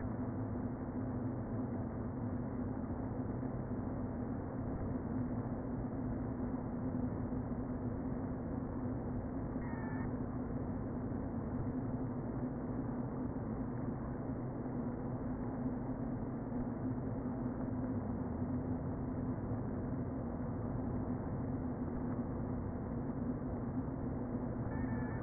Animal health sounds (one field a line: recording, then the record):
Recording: honeybee colony, microphone inside the hive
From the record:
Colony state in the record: queen present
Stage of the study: before two queens were removed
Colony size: about 60,000 bees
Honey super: yes